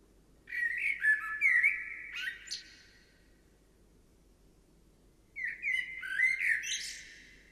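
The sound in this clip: Bird song: two lively warbled phrases of twittering, slurred notes and high ticks, separated by a few seconds of quiet.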